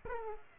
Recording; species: mosquito wingbeat signal from an infrared sensor; Aedes aegypti